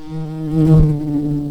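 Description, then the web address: Red-tailed bumblebee buzzing, a steady low droning hum with a rich harmonic tone that swells slightly in the middle. Queens. "Lapidarius queens"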